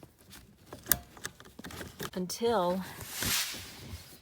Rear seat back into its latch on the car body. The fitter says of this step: lock it over here